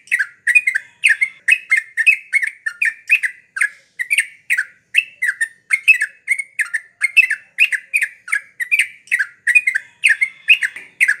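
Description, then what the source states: Yellow-vented Bulbul singing in quick, repeated chirpy notes, fast and bright, without a break. Masteran, a training recording for cage birds, of a champion trucukan (trucuk juara) singing the rapid 'tembakan' song style.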